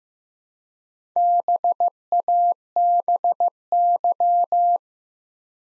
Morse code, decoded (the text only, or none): BABY